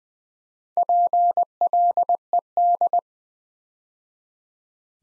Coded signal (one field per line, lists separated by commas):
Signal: Morse code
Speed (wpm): 20 wpm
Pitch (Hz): 700 Hz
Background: none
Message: PLED